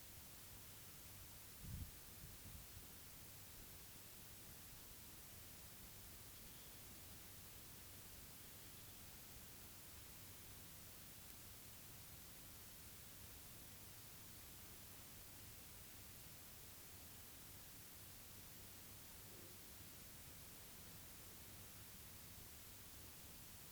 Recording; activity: daily activity, guitar pickup as the sensor; sit